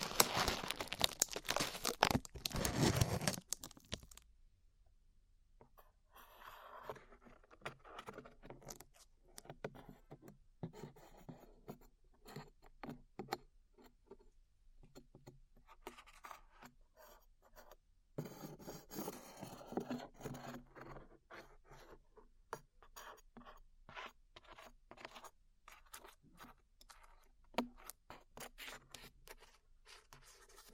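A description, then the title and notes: Sticky peeling of glue, a loud burst of rustling in the first four seconds, then dense irregular crackles and small tacky snaps throughout. ASMR Peeling Glue Off Your Ears (No Talking).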